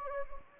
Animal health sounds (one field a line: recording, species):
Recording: mosquito wingbeat signal from an infrared sensor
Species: Anopheles gambiae